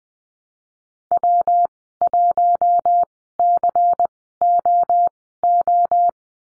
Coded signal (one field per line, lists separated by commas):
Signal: Morse code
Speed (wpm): 20 wpm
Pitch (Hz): 700 Hz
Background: none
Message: W1COO